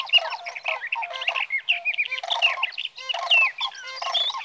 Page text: Sage thrasher songs, through the night. For three nights, from the evening of June 12 to the morning of June 15, 2018, in Sierra Valley, California